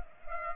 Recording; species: mosquito wingbeat signal from an infrared sensor; Culex pipiens